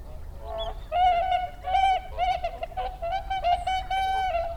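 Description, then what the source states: Whooper swans trumpeting, a run of nasal bugling honks held at a steady pitch in near-continuous calling. Recorded 30 December 2009.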